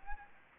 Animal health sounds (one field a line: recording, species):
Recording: mosquito wingbeat signal from an infrared sensor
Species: Anopheles arabiensis